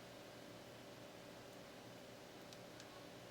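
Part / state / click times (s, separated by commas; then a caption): nano SIM card into micro SIM adapter / not seated / none. A nano SIM card is handled against a plastic micro SIM adapter for a BLU Vivo XL4 phone over a steady broadband hiss. Two faint ticks sound at about 2.5 and 2.8 seconds. Nothing has seated or clicked into place yet.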